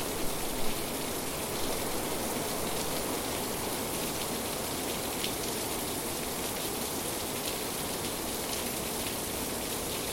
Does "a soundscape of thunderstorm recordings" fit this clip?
yes